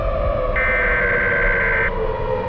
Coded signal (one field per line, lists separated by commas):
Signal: Emergency Alert System (SAME) tones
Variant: header bursts